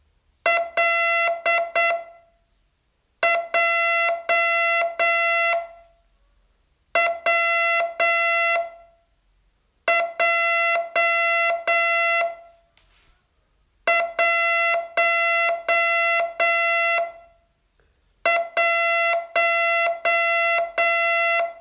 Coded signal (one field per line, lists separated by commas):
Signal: Morse code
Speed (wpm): 7 wpm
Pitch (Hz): 2050 Hz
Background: music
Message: L J W J 1 1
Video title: Learn Morse in 42 Days from VU2LAU - day 36